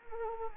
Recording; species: mosquito wingbeat signal from an infrared sensor; Anopheles arabiensis